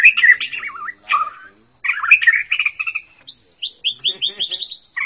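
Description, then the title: Bird song: loud, varied chirps and warbled phrases, some sliding notes and quick buzzy runs, broken by short pauses, ending in a string of rising high whistles. "kikicau"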